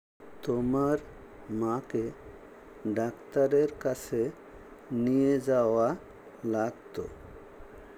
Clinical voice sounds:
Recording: elicited speech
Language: Bengali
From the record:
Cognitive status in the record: dementia

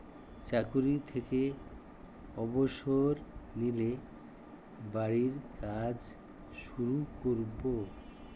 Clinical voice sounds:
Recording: elicited speech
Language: Bengali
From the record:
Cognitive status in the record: dementia

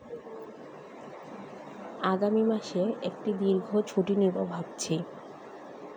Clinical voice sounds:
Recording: elicited speech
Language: Bengali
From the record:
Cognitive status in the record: cognitively healthy

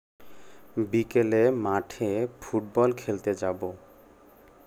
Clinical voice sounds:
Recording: elicited speech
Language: Bengali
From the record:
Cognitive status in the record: cognitively healthy

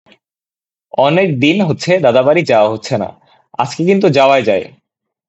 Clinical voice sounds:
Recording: elicited speech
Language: Bengali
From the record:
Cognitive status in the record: cognitively healthy

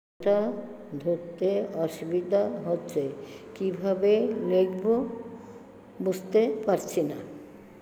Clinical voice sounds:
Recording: elicited speech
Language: Bengali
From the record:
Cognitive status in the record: dementia

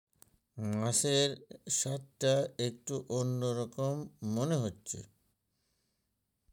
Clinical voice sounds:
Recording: elicited speech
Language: Bengali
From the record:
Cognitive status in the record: dementia

